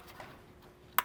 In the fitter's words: You can hear it snap,